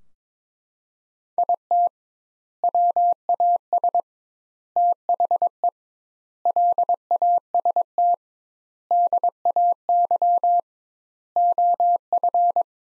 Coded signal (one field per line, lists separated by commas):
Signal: Morse code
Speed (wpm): 22 wpm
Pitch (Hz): 700 Hz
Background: none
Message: IT WAS THE LAST DAY OF